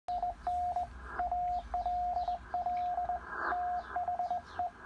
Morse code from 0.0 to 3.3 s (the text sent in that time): IN ALL